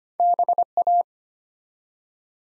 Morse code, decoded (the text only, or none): BA